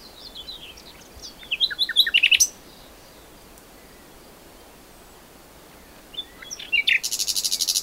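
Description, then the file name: Common nightingale song: a burst of varied whistles and chirps building to a sharp rattle, a pause, then a few more chirps leading into a fast, dry, buzzy trill of rapidly repeated notes. "Luscinia megarhynchos"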